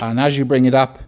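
Someone talks while the folded tiller of a SupaScoota Supalite 4 Sport lightweight mobility scooter is raised toward upright, after a hook locked onto a bar is pushed forward to release it. The tiller's spring locking button has not yet clicked into its hole in the metal frame; nothing has seated yet.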